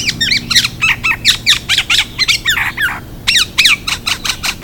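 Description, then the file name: Olive-backed oriole giving rapid harsh, squawking calls, each note sliding downward, delivered in quick bursts of about four per second with brief pauses. "Oriolus Sagittatus"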